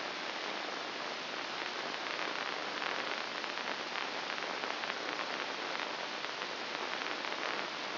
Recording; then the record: brain microelectrode recording played as sound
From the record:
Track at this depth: inside the subthalamic nucleus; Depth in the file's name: 2.604 mm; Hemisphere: right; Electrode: 2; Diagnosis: Parkinson's disease